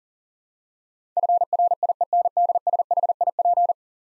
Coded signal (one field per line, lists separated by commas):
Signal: Morse code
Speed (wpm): 40 wpm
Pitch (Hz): 700 Hz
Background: none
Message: FRIENDSHIP